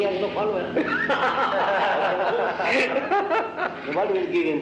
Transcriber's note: laughter